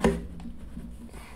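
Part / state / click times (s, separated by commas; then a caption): press-fit part into monitor or stand / not seated / none. A part is pushed with pressure into a Samsung 19-inch LED monitor (LS19A330NHLXZX) or its stand on a second press-in attempt. A sharp knock at the start and a faint tap near 0.4 s are heard, but nothing has clicked or seated. The attempt counts as a miss, although the part is thought to be in place anyway.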